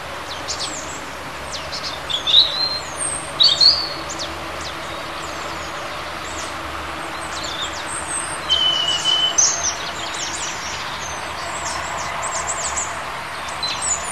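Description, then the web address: Bird song of scattered high chirps and short thin trills, with several brief phrases over a steady low background hum. Native hedge bird, in March. "hecke vogel maerz vogel m 3 4 0 heimisch"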